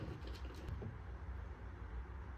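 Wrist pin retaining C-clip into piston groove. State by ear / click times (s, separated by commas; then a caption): not seated / none. A wrist pin retaining C-clip (circlip) is handled while it is being installed into the groove inside a piston. This is the second clip that holds the piston pin in place. Only a steady low rumble and faint handling noise are heard, with no sharp sound, and nothing has seated or clicked yet.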